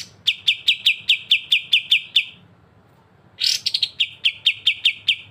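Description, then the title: Streaked spiderhunter song: a steady series of sharp, high chip notes about five per second, a pause, then a loud harsh burst followed by more evenly spaced chips. Frequent, clear, long song; recording used as a master song for training cage birds. "Pijantung Gunung Gacor Jernih Panjang"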